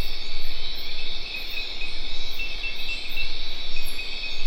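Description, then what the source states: Crickets chirping: a dense, continuous high trilling chorus with regular pulsed chirps above it and a low rumbling undertone. Recorded at dusk near le Grand Etang, Guadeloupe, in tropical forest; Sony PCM D50 recorder, Rode NT4 microphone, FEL preamp.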